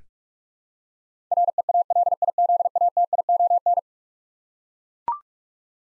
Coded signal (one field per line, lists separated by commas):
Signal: Morse code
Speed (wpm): 43 wpm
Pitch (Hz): 700 Hz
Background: none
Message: REALIZATION